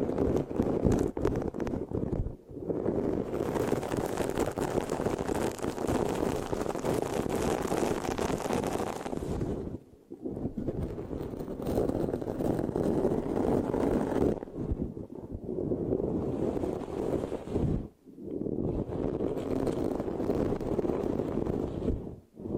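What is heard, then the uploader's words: Dense, rough microphone scratching fills the clip with a steady rasping, rubbing texture, heaviest in the low and middle range with some brighter hiss. The scratching runs in long stretches broken by short pauses near 2, 10, 15, 18 and 22 seconds. No voice is heard. Mic Scratching, Sticky, Brain Massage Triggers (No Talking).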